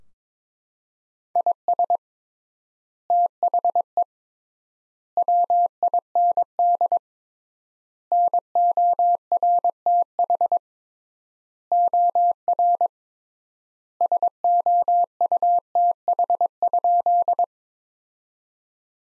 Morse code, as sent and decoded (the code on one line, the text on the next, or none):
.. ... / - .... . / .-- .. -. -.. / -. --- .-. - .... / --- .-. / ... --- ..- - .... ..--..
IS THE WIND NORTH OR SOUTH?